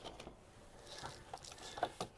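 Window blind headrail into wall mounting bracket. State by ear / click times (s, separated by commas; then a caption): not seated / none. A faux wood window blind headrail is pushed up into its wall mounting brackets, producing a few soft taps and scrapes, with sharper knocks around 1.8 and 2.0 seconds. The headrail does not latch because it is pushed too tight against the spacers, and nothing has clicked into the bracket yet.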